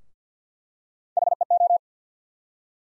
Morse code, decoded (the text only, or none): HEO